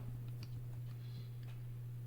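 During trigger reassembly on an LCT AK airsoft V3 gearbox, the trigger is held and its post is pushed into the holes in the metal gearbox shell. Light ticks sound around 0.4 s and 1.4 s over a steady low hum. Nothing has seated or clicked home yet.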